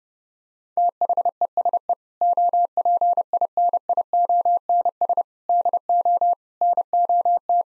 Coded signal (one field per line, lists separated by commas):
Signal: Morse code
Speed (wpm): 30 wpm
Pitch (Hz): 700 Hz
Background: none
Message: THESE OPINIONS DO NOT